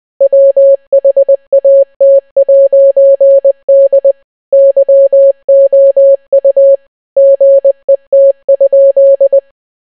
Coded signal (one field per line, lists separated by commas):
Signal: Morse code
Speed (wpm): 20 wpm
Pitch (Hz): 550 Hz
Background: none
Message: WHAT'D YOU GET?